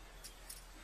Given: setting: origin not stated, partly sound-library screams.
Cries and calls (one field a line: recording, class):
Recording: one-second piece from a danger detection set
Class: normal situation